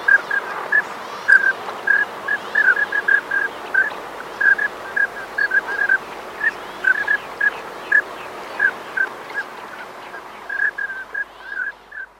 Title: Pato Jergon Grande